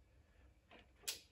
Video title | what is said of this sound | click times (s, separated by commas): EP6. Project Lotus Hunter: How to prep the 2ZZ for the Engine Swap and all important maintenance | and i can see now that it just unclicked and it's perfectly under tension right now | 0.7 s